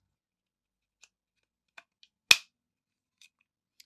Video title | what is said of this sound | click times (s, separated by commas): How to Disassemble and Reassemble your Hi-Capa | nice satisfying click when you get it | 2.3 s